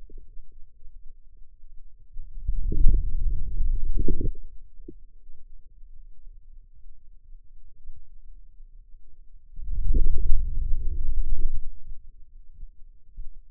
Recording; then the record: forearm muscle sounds (acoustic myography)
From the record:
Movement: wrist flexion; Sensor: system 2, bracelet of six BSWA MPA416 microphones around the upper forearm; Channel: 5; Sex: male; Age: 22 years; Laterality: right